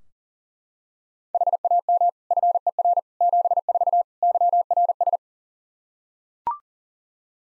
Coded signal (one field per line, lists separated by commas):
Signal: Morse code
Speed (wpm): 40 wpm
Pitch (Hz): 700 Hz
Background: none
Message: HAM FER 74 YRS